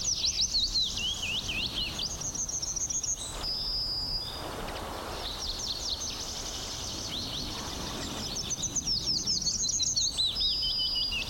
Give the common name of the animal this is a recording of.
Yellowhammer